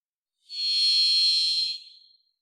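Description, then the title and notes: Varied thrush song: one drawn-out, buzzy, harmonically rich note held at a constant pitch for over a second, then trailing softly away into quiet. Song in the Pacific Northwest, Washington, United States; parabolic single-species recording, processed for clarity with natural pace and rhythm kept. "Varied Thrush, clean. Varied Thrush, Ixoreus naevius, song. Recorded in the beautiful Pacific Northwest, Washington, United States"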